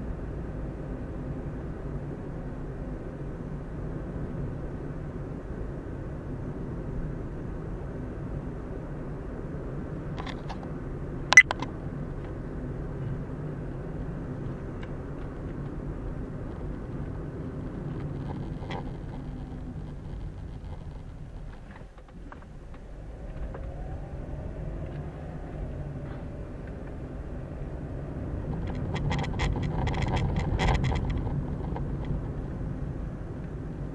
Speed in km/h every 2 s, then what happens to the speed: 34, 37, 38, 38, 40, 39, 38, 39, 34, 24, 11, 10, 19, 28, 31, 30, 31.
0-8 speeds up to 40. 8-14 steady at about 39. 14-21 brakes to 10. 22-26 speeds up to 28. 26-34 steady at about 30.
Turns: none.